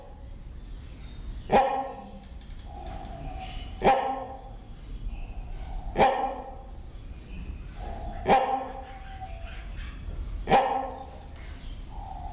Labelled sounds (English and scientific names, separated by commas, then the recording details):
Great Hornbill (Buceros bicornis) call
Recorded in captivity
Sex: pair
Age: adult
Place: Zoo Berlin, Berlin, DE
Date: 1993-01-16 10:52
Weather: heiter, 10-13°C
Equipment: Marantz CP 430, Sennheiser ME 80, Kopie Uher Variocord 263
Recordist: Tembrock, Günter